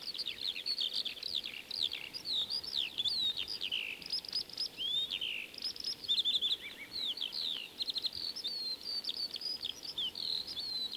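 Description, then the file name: Eurasian skylark song pouring out nonstop: quick warbled phrases, sliding whistles and buzzy high notes tumbling together, with light background hiss throughout. 1937 disc recording of song. "skylark-song-disc-3-side-a-more-songs-of-wild-birds"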